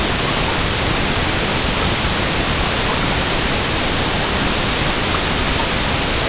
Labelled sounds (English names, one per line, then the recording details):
none
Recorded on Arctic tundra, site EABA-MC, on 22 June 2019
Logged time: 16:00